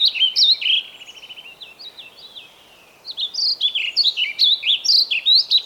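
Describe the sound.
Bird singing a rapid, high twittering song of slurred and trilled notes, a brief quieter gap, then another lively run of chirps.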